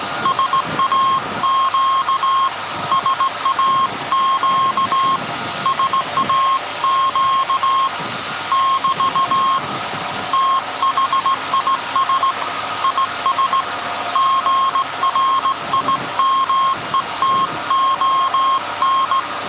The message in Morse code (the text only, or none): SAQ SAQ SAQ <BT> THIS IS GRIMETON